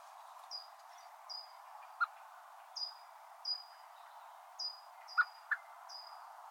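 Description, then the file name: Common blackbird giving high, thin, drawn-out notes, about seven in six seconds, alongside a few sharp ticking clicks and steady low hiss. "Turdus merula"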